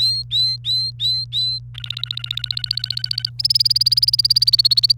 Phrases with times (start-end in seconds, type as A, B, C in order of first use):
0.00-1.59 A, 1.75-3.30 B, 3.39-4.92 C